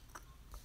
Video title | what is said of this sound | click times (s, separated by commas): How To Rebuild The Vacuum Pump For The Brake Booster On A 2002-2014 Volvo XC90 | find out where the tab lock in and you'll going to squeeze it until you hear it click into place and | 0.1 s